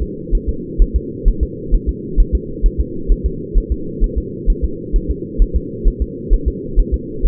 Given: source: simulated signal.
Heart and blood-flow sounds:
fetal heart sounds
0.02 s: S2
0.35 s: S1
0.49 s: S2
0.82 s: S1
0.96 s: S2
1.28 s: S1
1.43 s: S2
1.74 s: S1
1.89 s: S2
2.20 s: S1
2.35 s: S2
2.66 s: S1
2.80 s: S2
3.12 s: S1
3.26 s: S2
3.57 s: S1
3.72 s: S2
4.04 s: S1
4.18 s: S2
4.50 s: S1
4.64 s: S2
4.96 s: S1
5.10 s: S2
5.42 s: S1
5.56 s: S2
5.88 s: S1
6.02 s: S2
6.33 s: S1
6.48 s: S2
6.79 s: S1
6.94 s: S2
7.26 s: S1
From the record:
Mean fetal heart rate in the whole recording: 130 bpm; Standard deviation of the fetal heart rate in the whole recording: 2 bpm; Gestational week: 38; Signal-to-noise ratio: -4.3 dB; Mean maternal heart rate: 72 bpm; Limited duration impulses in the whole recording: absent

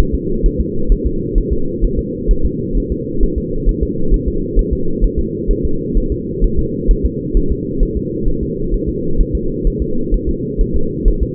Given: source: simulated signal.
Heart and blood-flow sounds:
fetal heart sounds
0.14 s: S2
0.46 s: S1
0.61 s: S2
0.92 s: S1
1.06 s: S2
1.38 s: S1
1.53 s: S2
1.84 s: S1
1.99 s: S2
2.31 s: S1
2.45 s: S2
2.77 s: S1
2.92 s: S2
3.23 s: S1
3.38 s: S2
3.69 s: S1
3.83 s: S2
4.14 s: S1
4.28 s: S2
4.59 s: S1
4.73 s: S2
5.04 s: S1
5.19 s: S2
5.51 s: S1
5.65 s: S2
5.98 s: S1
6.12 s: S2
6.44 s: S1
6.59 s: S2
6.91 s: S1
7.05 s: S2
7.37 s: S1
7.52 s: S2
7.83 s: S1
7.97 s: S2
8.28 s: S1
8.43 s: S2
8.74 s: S1
8.89 s: S2
9.21 s: S1
9.35 s: S2
9.67 s: S1
9.82 s: S2
10.14 s: S1
10.29 s: S2
10.61 s: S1
10.76 s: S2
11.08 s: S1
11.22 s: S2
From the record:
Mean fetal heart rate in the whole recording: 130 bpm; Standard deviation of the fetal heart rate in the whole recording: 4 bpm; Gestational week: 38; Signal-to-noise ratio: -8.1 dB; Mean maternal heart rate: 72 bpm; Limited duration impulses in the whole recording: absent

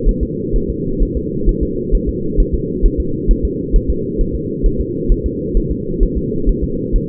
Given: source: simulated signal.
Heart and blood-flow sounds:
fetal heart sounds
0.09 s: S1
0.23 s: S2
0.56 s: S1
0.70 s: S2
1.03 s: S1
1.17 s: S2
1.49 s: S1
1.63 s: S2
1.95 s: S1
2.09 s: S2
2.40 s: S1
2.54 s: S2
2.85 s: S1
3.00 s: S2
3.31 s: S1
3.45 s: S2
3.76 s: S1
3.90 s: S2
4.21 s: S1
4.35 s: S2
4.66 s: S1
4.80 s: S2
5.12 s: S1
5.26 s: S2
5.57 s: S1
5.71 s: S2
6.03 s: S1
6.17 s: S2
6.49 s: S1
6.64 s: S2
6.96 s: S1
From the record:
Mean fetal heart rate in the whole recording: 130 bpm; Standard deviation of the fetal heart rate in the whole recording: 4 bpm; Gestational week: 38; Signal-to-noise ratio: -6.6 dB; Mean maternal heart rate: 72 bpm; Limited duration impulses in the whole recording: present

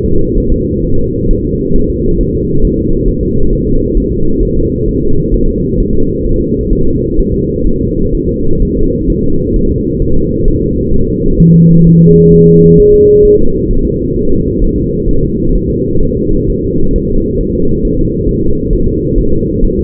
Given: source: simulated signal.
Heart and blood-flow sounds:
fetal heart sounds
0.05 s: S2
0.38 s: S1
0.52 s: S2
0.84 s: S1
0.99 s: S2
1.31 s: S1
1.45 s: S2
1.76 s: S1
1.90 s: S2
2.21 s: S1
2.35 s: S2
2.65 s: S1
2.79 s: S2
3.08 s: S1
3.23 s: S2
3.53 s: S1
3.67 s: S2
3.97 s: S1
4.12 s: S2
4.43 s: S1
4.57 s: S2
4.88 s: S1
5.03 s: S2
5.34 s: S1
5.49 s: S2
5.80 s: S1
5.95 s: S2
6.26 s: S1
6.41 s: S2
6.73 s: S1
6.87 s: S2
7.19 s: S1
7.34 s: S2
7.67 s: S1
7.81 s: S2
8.15 s: S1
8.29 s: S2
8.62 s: S1
8.77 s: S2
9.10 s: S1
9.24 s: S2
9.56 s: S1
9.71 s: S2
10.02 s: S1
10.17 s: S2
10.48 s: S1
10.62 s: S2
10.94 s: S1
11.08 s: S2
11.40 s: S1
11.54 s: S2
11.87 s: S1
12.01 s: S2
12.33 s: S1
12.48 s: S2
12.80 s: S1
12.94 s: S2
13.25 s: S1
13.40 s: S2
13.71 s: S1
13.85 s: S2
14.16 s: S1
14.30 s: S2
14.62 s: S1
14.76 s: S2
15.08 s: S1
15.23 s: S2
15.56 s: S1
15.70 s: S2
16.03 s: S1
16.17 s: S2
16.50 s: S1
16.64 s: S2
16.96 s: S1
17.10 s: S2
17.41 s: S1
17.55 s: S2
17.85 s: S1
17.99 s: S2
18.29 s: S1
18.43 s: S2
18.73 s: S1
18.88 s: S2
19.18 s: S1
19.33 s: S2
19.64 s: S1
19.79 s: S2
From the record:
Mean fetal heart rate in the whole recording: 130 bpm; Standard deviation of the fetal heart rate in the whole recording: 4 bpm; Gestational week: 38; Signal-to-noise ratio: -17.7 dB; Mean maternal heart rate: 72 bpm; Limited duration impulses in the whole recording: present

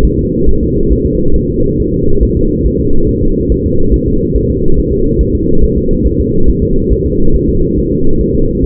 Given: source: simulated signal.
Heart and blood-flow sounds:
fetal heart sounds
0.05 s: S1
0.19 s: S2
0.49 s: S1
0.63 s: S2
0.93 s: S1
1.06 s: S2
1.36 s: S1
1.50 s: S2
1.80 s: S1
1.94 s: S2
2.23 s: S1
2.37 s: S2
2.66 s: S1
2.80 s: S2
3.09 s: S1
3.23 s: S2
3.52 s: S1
3.66 s: S2
3.94 s: S1
4.08 s: S2
4.36 s: S1
4.50 s: S2
4.79 s: S1
4.93 s: S2
5.21 s: S1
5.35 s: S2
5.64 s: S1
5.77 s: S2
6.07 s: S1
6.20 s: S2
6.50 s: S1
6.63 s: S2
6.93 s: S1
7.07 s: S2
7.36 s: S1
7.50 s: S2
7.79 s: S1
7.92 s: S2
8.21 s: S1
8.35 s: S2
8.64 s: S1
From the record:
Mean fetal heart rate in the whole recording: 140 bpm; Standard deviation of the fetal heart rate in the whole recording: 2 bpm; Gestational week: 34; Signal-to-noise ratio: -19.1 dB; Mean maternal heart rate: 72 bpm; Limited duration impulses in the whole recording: present

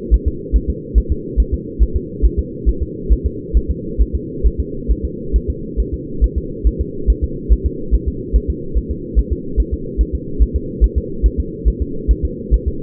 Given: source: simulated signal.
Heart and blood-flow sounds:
fetal heart sounds
0.14 s: S1
0.28 s: S2
0.56 s: S1
0.70 s: S2
0.98 s: S1
1.12 s: S2
1.40 s: S1
1.54 s: S2
1.83 s: S1
1.96 s: S2
2.25 s: S1
2.39 s: S2
2.69 s: S1
2.83 s: S2
3.12 s: S1
3.26 s: S2
3.57 s: S1
3.71 s: S2
4.02 s: S1
4.15 s: S2
4.46 s: S1
4.60 s: S2
4.91 s: S1
5.05 s: S2
5.36 s: S1
5.50 s: S2
5.80 s: S1
5.94 s: S2
6.24 s: S1
6.38 s: S2
6.67 s: S1
6.81 s: S2
7.10 s: S1
7.24 s: S2
7.53 s: S1
7.66 s: S2
7.95 s: S1
8.08 s: S2
8.36 s: S1
8.50 s: S2
8.78 s: S1
8.91 s: S2
9.19 s: S1
9.33 s: S2
9.60 s: S1
9.74 s: S2
10.01 s: S1
10.15 s: S2
10.42 s: S1
10.56 s: S2
10.84 s: S1
10.98 s: S2
11.26 s: S1
11.40 s: S2
11.68 s: S1
11.82 s: S2
12.11 s: S1
12.25 s: S2
12.54 s: S1
12.68 s: S2
From the record:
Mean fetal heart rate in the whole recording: 140 bpm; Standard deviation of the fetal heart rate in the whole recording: 2 bpm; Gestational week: 34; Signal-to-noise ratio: -4.3 dB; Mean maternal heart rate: 72 bpm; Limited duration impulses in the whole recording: present

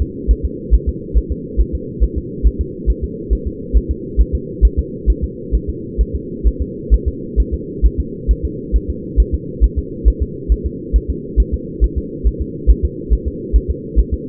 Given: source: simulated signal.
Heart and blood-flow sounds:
fetal heart sounds
0.02 s: S2
0.31 s: S1
0.45 s: S2
0.74 s: S1
0.89 s: S2
1.18 s: S1
1.32 s: S2
1.61 s: S1
1.75 s: S2
2.04 s: S1
2.18 s: S2
2.47 s: S1
2.61 s: S2
2.90 s: S1
3.04 s: S2
3.33 s: S1
3.47 s: S2
3.77 s: S1
3.91 s: S2
4.21 s: S1
4.35 s: S2
4.65 s: S1
4.79 s: S2
5.10 s: S1
5.24 s: S2
5.55 s: S1
5.69 s: S2
6.01 s: S1
6.15 s: S2
6.47 s: S1
6.62 s: S2
6.94 s: S1
7.08 s: S2
7.40 s: S1
7.54 s: S2
7.86 s: S1
8.00 s: S2
8.31 s: S1
8.45 s: S2
8.76 s: S1
8.90 s: S2
9.20 s: S1
9.34 s: S2
9.64 s: S1
9.78 s: S2
10.08 s: S1
10.22 s: S2
10.52 s: S1
10.66 s: S2
10.96 s: S1
11.10 s: S2
11.40 s: S1
11.54 s: S2
11.84 s: S1
11.98 s: S2
12.27 s: S1
12.42 s: S2
12.71 s: S1
12.85 s: S2
13.13 s: S1
13.28 s: S2
13.56 s: S1
13.70 s: S2
13.99 s: S1
14.14 s: S2
From the record:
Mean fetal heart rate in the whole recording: 135 bpm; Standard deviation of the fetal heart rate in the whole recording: 3 bpm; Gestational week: 34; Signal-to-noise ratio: -4.1 dB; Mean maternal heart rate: no maternal heart sound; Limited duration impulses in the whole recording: absent

